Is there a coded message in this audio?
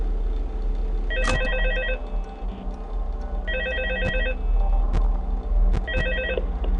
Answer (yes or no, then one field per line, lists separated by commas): no